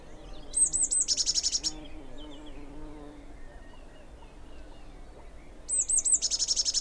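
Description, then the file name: Eurasian blue tit calling: a few thin high notes, then a fast buzzy trill, given twice about five seconds apart. "Cyanistes caeruleus"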